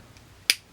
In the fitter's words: and lock it back into the frame when you hear a click.